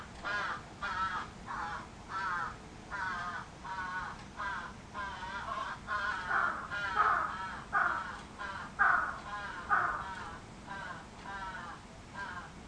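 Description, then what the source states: Crow cawing in a series of short, harsh, nasal caws, swelling louder midway and then easing off, over faint background hum. Recorded 11 July 2011.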